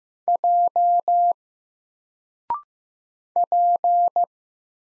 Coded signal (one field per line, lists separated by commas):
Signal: Morse code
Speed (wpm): 15 wpm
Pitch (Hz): 700 Hz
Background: none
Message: J P